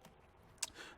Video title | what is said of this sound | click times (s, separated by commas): seat cordoba window regulator fix Bodgit And Leggit Garage | click in place so I've just put the little switch in for | 0.6 s